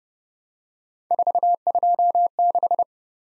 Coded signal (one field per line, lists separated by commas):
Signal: Morse code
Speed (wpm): 30 wpm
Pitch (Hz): 700 Hz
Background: none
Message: 426